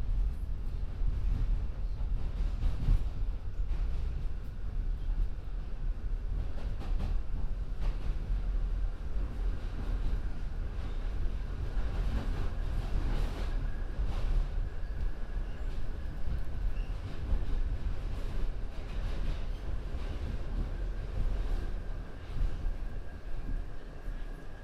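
A binaural field recording on a journey across the city, here dominated by a steady, heavy low rumble like a train in motion. Brief clicks and rattles break through every second or two, with a faint thin whine running along the top.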